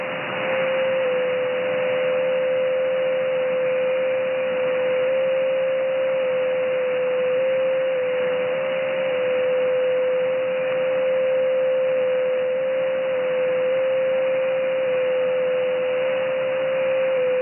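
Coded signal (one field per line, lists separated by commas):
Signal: JT65, JT9 or WSPR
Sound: a single steady whistle-like tone held the whole clip, over constant radio hiss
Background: radio static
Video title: First Time decoding of JT9 digital mode using WSJT X software 10140 Khz Shortwave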